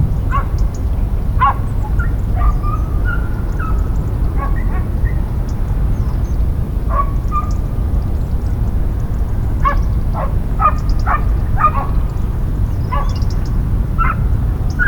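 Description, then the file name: Dog barking in short sharp bursts, several volleys spread throughout, over a constant low roar of highway traffic. Dogs heard near a highway bridge. "Highway bridge with dogs"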